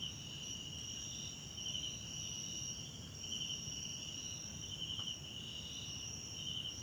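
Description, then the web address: Crickets keep up an unbroken shrill trill with regular louder pulsed bursts, set against steady low background noise. South African crickets in the background at night in a wetland park at Kosi Forest Lodge, South Africa. "Tonschliff - SOUTH AFRICAN CRICKETS BG South Africa Wetland Park Kosi Forest Lodge Night"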